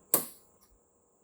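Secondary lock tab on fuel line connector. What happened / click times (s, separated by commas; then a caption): The plastic lock tab snapped into place / 0.1 s. On a Ford Focus RS mk3 during a fuel filter replacement, the plastic secondary lock tab on the fuel feed line connector is pushed down and snaps into place with a sharp, bright click at 0.1 s that rings briefly and fades. A faint tick follows around 0.6 s, then near silence; the tab is seated.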